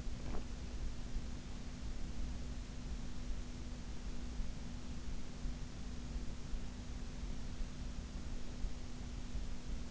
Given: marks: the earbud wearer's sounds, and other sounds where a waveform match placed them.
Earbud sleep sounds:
sounds in sleep by an in-ear microphone; teeth grinding
0.00-0.68 s: teeth grinding

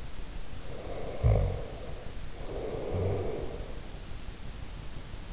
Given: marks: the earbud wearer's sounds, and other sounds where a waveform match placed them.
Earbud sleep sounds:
sounds in sleep by an in-ear microphone; snoring breath
0.65-3.85 s: snoring breath

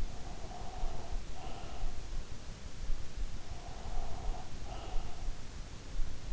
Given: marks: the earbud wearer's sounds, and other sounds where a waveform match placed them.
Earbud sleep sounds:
sounds in sleep by an in-ear microphone; breath
0.00-2.32 s: breath
3.42-5.36 s: breath

